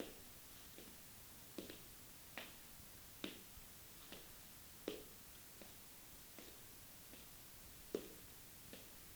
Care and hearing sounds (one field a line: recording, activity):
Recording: daily activity, guitar pickup as the sensor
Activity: walk